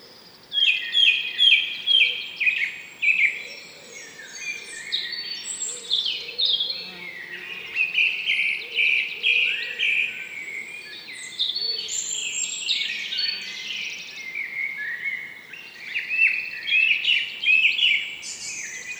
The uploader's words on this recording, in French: Forêt de Valdrôme - Parabole mono cardio 8040 et cpl omni 8020 - Mixpre3. Le printemps avance à grands pas et chaque matin est une aubade aux chants d'oiseaux. Chants d'oiseaux de la forêt dans une splendide futaie de Hêtres.